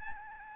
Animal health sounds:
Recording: mosquito wingbeat signal from an infrared sensor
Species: Aedes albopictus

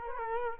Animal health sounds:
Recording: mosquito wingbeat signal from an infrared sensor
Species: Culex quinquefasciatus

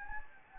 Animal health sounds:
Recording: mosquito wingbeat signal from an infrared sensor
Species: Anopheles gambiae

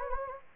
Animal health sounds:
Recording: mosquito wingbeat signal from an infrared sensor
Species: Anopheles gambiae

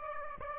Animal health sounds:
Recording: mosquito wingbeat signal from an infrared sensor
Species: Aedes aegypti

